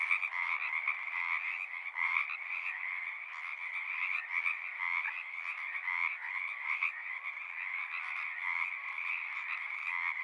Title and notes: Pacific Tree Frog. One local community here in Seattle is located in the Frog Ponds of Magnusson Park. Go there any spring or summer day near dusk or pre-dawn and you'll hear them singing their little hearts out